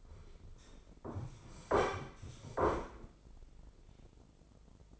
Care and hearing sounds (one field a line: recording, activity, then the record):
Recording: daily activity, microphone in the room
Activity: sit down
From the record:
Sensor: 5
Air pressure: 996.1 hPa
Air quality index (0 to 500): 244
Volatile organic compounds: 467 ppm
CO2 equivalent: 4774 ppm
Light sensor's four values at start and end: 161/387/163/178 and 161/386/163/178